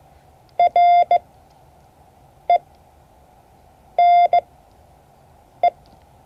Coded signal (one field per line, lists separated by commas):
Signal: Morse code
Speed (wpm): 16 wpm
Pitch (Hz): 690 Hz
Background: none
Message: R E N E